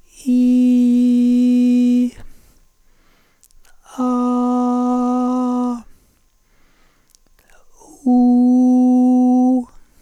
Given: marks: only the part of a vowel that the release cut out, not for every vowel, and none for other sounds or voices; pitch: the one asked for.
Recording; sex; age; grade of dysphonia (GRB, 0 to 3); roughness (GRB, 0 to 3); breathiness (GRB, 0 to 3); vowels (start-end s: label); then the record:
sustained vowels; male; 60 to 69 years; 2; 2; 2
0.75-1.89 s: vowel /i/, high pitch
4.10-5.20 s: vowel /a/, high pitch
8.30-9.26 s: vowel /u/, high pitch
From the record:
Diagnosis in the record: hypotonic dysphonia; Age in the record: 62 years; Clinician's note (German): Phonasthenisch mit verlängerter Schlußphase im hintern Drittel